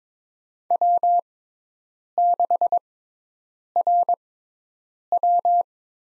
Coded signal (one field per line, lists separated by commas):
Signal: Morse code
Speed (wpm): 22 wpm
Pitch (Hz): 700 Hz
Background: none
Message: W6RW